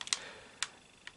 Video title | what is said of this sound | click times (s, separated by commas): Power Rangers Mystic Force Magi Staff Review | pull it into the first section and you would hear a click just like that and | 0.1 s